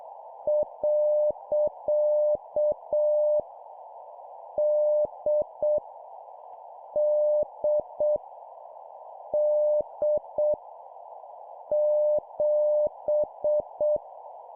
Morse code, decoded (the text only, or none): . D D D 7